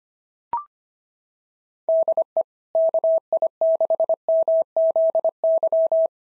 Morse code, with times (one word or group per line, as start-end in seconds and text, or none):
1.9-2.4 DE
2.8-6.1 KI6MZY